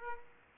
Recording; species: mosquito wingbeat signal from an infrared sensor; Aedes aegypti